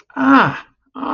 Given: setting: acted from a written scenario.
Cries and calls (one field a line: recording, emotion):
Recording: vocal sound without words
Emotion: realization